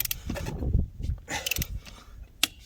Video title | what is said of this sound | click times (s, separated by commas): Calcium chloride? No prb.. Tire fixing again | there it is hear that little click | 2.4 s